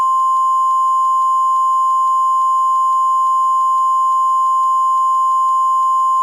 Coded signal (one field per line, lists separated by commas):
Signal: Emergency Alert System (SAME) tones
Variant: 1050 Hz attention tone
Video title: JOYCE [HURRICANE EAS MOCK]